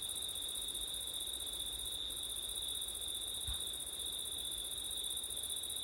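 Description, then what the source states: Steady high-pitched cricket trilling, two layered bands, with a short dip in the top band and a brief low thump near the middle over gentle wind. Crickets on a windy September night, ORTF microphone setup.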